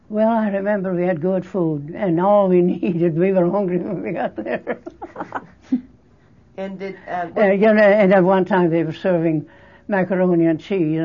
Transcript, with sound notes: Well, I remember we had good food and all we needed, we were hungry when we got there. (laughs)
And did, um...
Ahh, and one time they were serving macaroni and cheese.